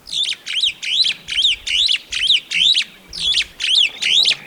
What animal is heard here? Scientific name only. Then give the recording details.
Lamprotornis superbus. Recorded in Kenya